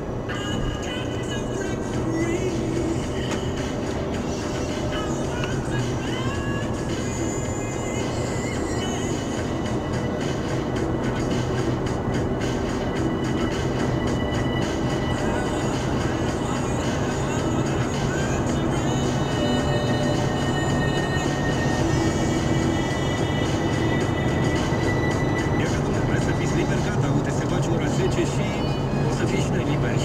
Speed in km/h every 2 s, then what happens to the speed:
98, 103, 106, 111, 113, 118, 122, 126, 129, 132, 135, 137, 140, 135, 133.
0-23 speeds up to 140.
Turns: none.